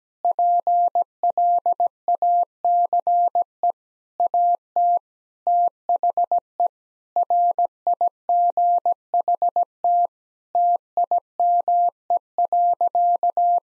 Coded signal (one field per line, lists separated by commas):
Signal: Morse code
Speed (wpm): 17 wpm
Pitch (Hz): 700 Hz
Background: none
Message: PLACE AT THE RIGHT TIME.